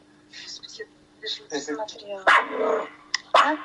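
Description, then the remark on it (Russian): After a stretch of talking, a small dog at home lets out a few sharp, high-pitched barks in quick, loud bursts. “Да, там маленькая собачка еще дома.”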